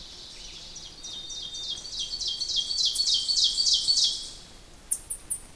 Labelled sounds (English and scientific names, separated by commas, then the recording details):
Ovenbird (Seiurus aurocapilla) song
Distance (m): 10 m
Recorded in boreal forest in Alberta, Canada, on 2 June 2016 at 06:25
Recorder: SongMeter 3, array SBT-3-7
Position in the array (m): 241 m, 140 m
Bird 8